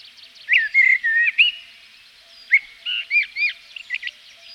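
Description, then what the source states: Common blackbird song, two phrases of mellow whistles turning into quick, high twittered flourishes, with a light background hiss. Recorded in Provence.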